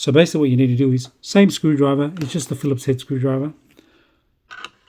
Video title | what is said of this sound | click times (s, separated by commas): Brinsea Octagon 20/40 motor replacement | Place it in there. You can feel the little click. You'll get hear that noise there. | 4.6 s